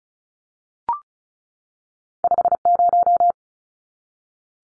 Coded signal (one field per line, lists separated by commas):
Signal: Morse code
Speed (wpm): 34 wpm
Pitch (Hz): 700 Hz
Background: none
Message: 50